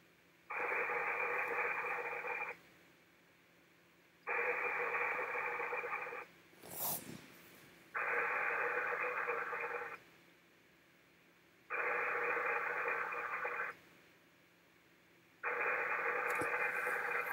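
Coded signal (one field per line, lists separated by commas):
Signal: HF data modem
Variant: ARDOP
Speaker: let me try connecting again and let's see if have better luck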